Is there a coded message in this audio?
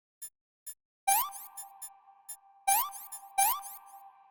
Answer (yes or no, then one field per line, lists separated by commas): no